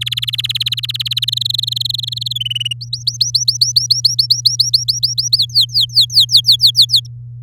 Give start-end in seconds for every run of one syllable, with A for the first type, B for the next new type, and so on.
0.01-1.30 A, 1.32-2.33 B, 2.35-2.73 C, 2.81-5.37 D, 5.38-7.07 E